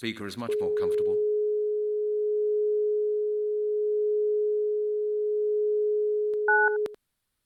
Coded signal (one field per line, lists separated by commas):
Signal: telephone call progress tone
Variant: Europe, 425 Hz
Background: speech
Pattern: dial tone